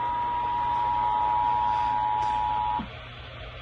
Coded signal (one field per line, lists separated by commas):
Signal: Emergency Alert System (SAME) tones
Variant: 853 and 960 Hz attention tone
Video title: WE HAVE A DOUBLE MUCH OF SVR'S HGX... EAS Alerts From 8/4/25 (EAS#4,474 - 4,499)